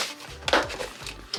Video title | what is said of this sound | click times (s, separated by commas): Nickelodeon Teenage Mutant Ninja Turtles SHELLRAISER | Hear that little pop? Then you know that they're in. | 0.5 s, 1.3 s